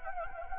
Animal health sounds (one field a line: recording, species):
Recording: mosquito wingbeat signal from an infrared sensor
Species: Anopheles gambiae